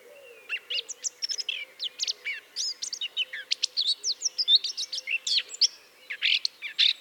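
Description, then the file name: Eurasian blackcap warbling, a continuous rush of quick, high, varied twittering notes, with a faint low hum beneath. "Sylvia atricapilla"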